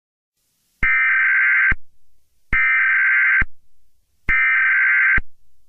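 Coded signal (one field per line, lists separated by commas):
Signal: Emergency Alert System (SAME) tones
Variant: header bursts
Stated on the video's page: Fictional simulated EAS scenario.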